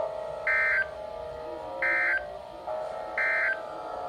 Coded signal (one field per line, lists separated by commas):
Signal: Emergency Alert System (SAME) tones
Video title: Tornado Warning EAS#77